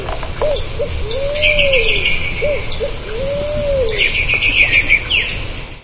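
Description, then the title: Dove cooing in soft arched notes, short coos followed by a longer drawn-out coo, repeated, with other small birds chirping and trilling higher above. "Canto Da Pomba"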